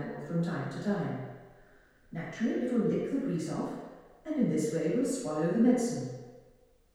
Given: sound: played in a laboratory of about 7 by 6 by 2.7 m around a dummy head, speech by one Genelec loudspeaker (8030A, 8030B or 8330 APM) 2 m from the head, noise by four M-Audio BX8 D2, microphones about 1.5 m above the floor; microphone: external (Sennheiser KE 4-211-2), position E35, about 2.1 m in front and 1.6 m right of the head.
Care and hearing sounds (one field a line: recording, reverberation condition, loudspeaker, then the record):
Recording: female speech in English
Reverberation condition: high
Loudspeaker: 150 degrees to the right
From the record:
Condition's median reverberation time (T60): about 1300 ms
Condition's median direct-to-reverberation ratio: about -4.0 dB